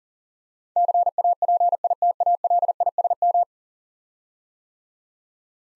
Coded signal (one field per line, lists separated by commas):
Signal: Morse code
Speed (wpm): 40 wpm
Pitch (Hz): 700 Hz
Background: none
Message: CAPITALISM